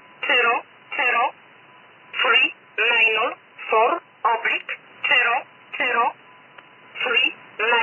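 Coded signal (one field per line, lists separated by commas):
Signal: numbers station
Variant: E11 'Oblique'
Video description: Here is a recording of the E11 Polish numbers station as received in Birmingham UK on the 5th of March 2022 at 19:10 GMT.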